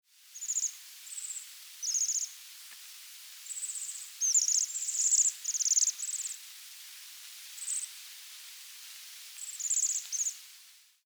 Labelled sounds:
Bohemian Waxwing (Bombycilla garrulus)

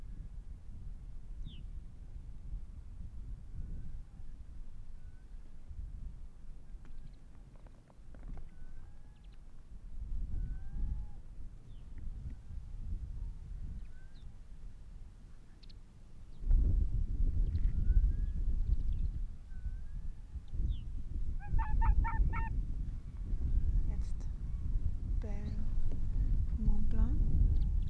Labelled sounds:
Arctic Fox (Vulpes lagopus)

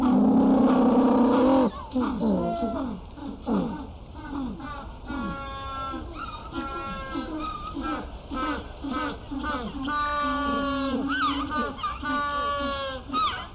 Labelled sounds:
African Penguin (Spheniscus demersus) call

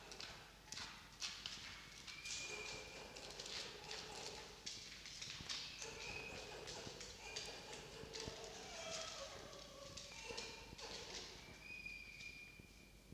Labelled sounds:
Red Fox (Vulpes vulpes)

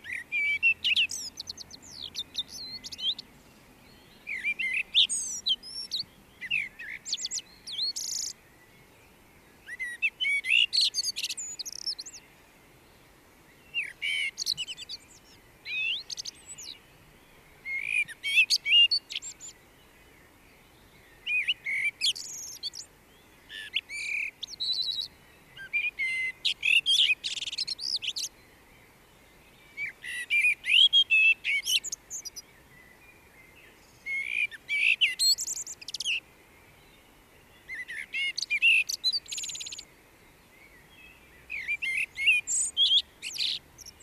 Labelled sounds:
Common Blackbird (Turdus merula) song

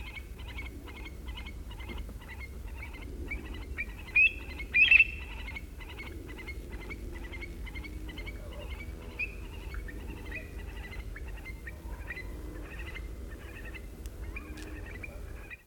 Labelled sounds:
Eurasian Stone-curlew (Burhinus oedicnemus) call

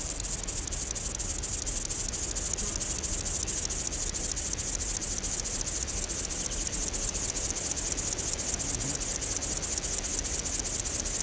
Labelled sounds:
Upland Field Grasshopper (Chorthippus apricarius) stridulation

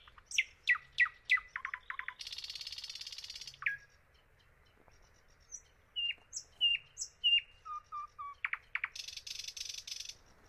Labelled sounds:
Thrush Nightingale (Luscinia luscinia) song

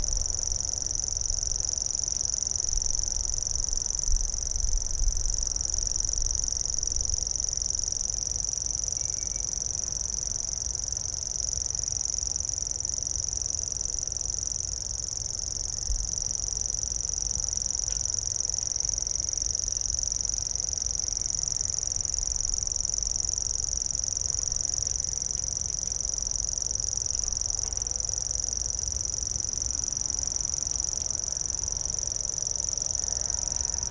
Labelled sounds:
Common Grasshopper Warbler (Locustella naevia) song

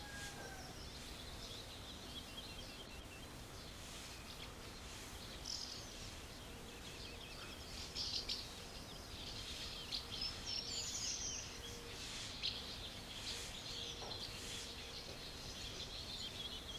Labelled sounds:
Common House Martin (Delichon urbicum) call

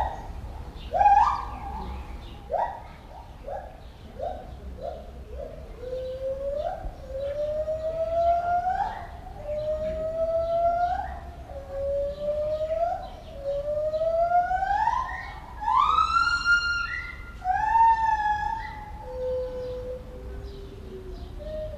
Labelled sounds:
Black-and-white Ruffed Lemur (Varecia variegata)

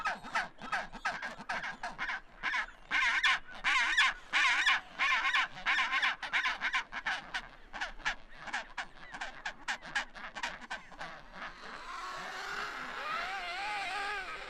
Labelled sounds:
Chinstrap Penguin (Pygoscelis antarcticus) call

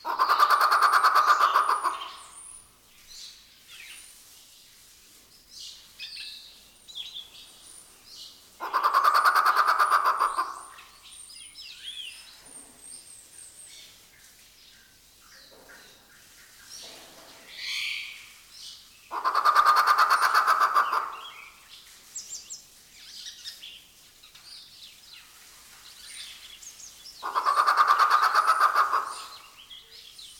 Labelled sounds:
White-rumped Shama (Copsychus malabaricus)

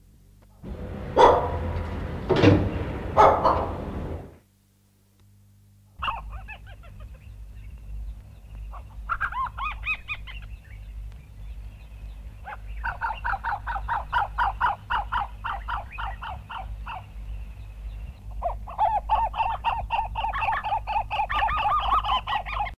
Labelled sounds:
Eastern Plantain-eater (Crinifer zonurus) call

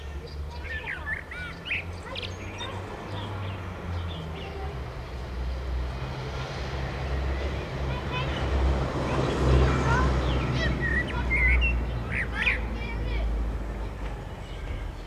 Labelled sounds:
Common Blackbird (Turdus merula) song

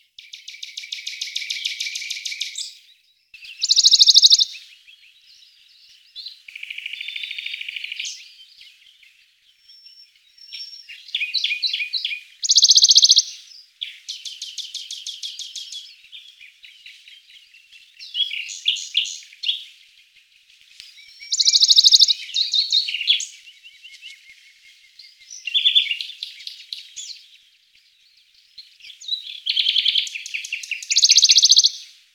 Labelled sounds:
Western Bonelli's Warbler (Phylloscopus bonelli) song

